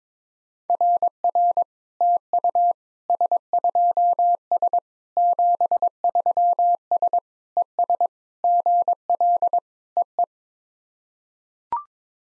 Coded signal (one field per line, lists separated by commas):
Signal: Morse code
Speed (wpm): 22 wpm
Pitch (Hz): 700 Hz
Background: none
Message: RR TU S2S 73S ES GL EE